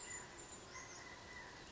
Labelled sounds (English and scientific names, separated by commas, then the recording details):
Brown Creeper (Certhia americana)
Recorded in Sonoma County, California